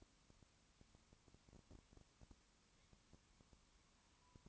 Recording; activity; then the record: daily activity, microphone in the room; no activity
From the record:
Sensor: 1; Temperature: 19.2 degrees Celsius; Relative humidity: 37.8%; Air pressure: 1001.1 hPa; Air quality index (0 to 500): 197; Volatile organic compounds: 7 ppm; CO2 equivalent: 1990 ppm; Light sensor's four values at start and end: 1/2/1/1 and 1/2/1/1